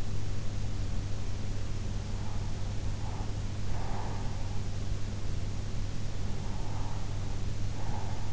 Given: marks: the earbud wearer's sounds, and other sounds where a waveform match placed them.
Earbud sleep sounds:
sounds in sleep by an in-ear microphone; breath
2.85-4.62 s: breath
6.76-8.33 s: breath

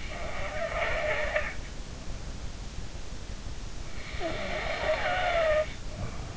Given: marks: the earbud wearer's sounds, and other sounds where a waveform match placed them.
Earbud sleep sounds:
sounds in sleep by an in-ear microphone; snoring breath
0.14-1.70 s: snoring breath
4.20-6.37 s: snoring breath

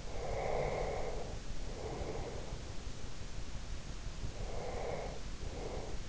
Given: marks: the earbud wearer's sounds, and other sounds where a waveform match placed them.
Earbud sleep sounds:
sounds in sleep by an in-ear microphone; breath
0.15-2.67 s: breath
4.27-6.09 s: breath

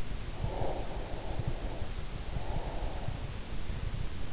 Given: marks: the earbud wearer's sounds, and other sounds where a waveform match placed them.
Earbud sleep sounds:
sounds in sleep by an in-ear microphone; breath
0.44-3.18 s: breath

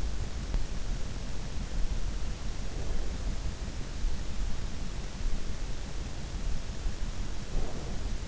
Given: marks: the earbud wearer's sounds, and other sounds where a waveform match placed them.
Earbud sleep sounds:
sounds in sleep by an in-ear microphone; breath
2.38-3.29 s: breath
7.18-8.28 s: breath

